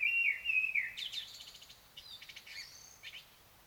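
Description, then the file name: Common blackbird singing a fluty, low warbled phrase that turns into a rapid run of thin, scratchy high twitters, fading out. "Turdus merula"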